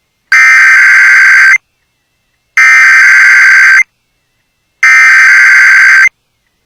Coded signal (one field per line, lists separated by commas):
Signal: Emergency Alert System (SAME) tones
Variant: header bursts